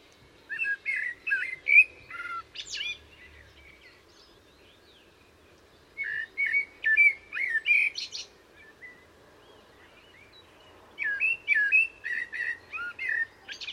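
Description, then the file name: Common blackbird delivering three separate phrases of fluty whistles, each ending in higher squeaky notes, with pauses between. "Turdus merula"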